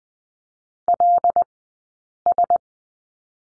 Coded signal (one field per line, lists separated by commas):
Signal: Morse code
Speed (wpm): 20 wpm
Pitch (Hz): 700 Hz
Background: none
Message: LS